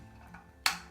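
A plastic toy sword is pushed again into a slot in a pirate barrel and clips in with a sharp click at 0.7 s, so it is now seated; the first try was wrong because no click was heard. A faint tap comes at 0.3 s before the loud, bright click, which rings briefly and fades.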